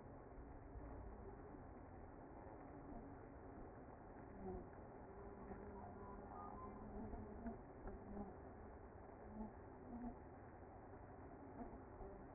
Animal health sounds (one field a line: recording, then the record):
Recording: honeybee colony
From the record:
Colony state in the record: active